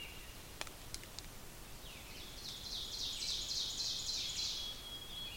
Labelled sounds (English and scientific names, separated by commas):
Ovenbird (Seiurus aurocapilla) song